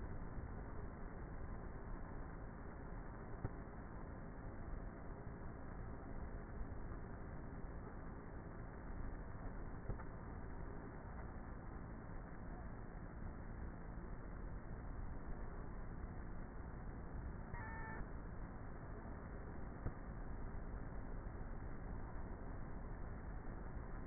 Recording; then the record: honeybee colony, microphone inside the hive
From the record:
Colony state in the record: queenless with a low population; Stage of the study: before two queens were removed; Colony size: about 30,000 bees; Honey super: no